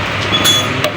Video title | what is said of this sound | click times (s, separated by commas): CRF 150L SUSAH HIDUP- BREBETT PARAH- KURANG BERTENAGA ??? 🔀TERNYATA INI PENYEBABNYA/ /TERBARU 2024 | Kemudian, saat membuka piringnya, cukup tekan hingga berbunyi klik. Klik. | 0.8 s